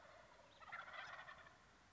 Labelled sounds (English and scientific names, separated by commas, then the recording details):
Wild Turkey (Meleagris gallopavo)
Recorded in Sonoma County, California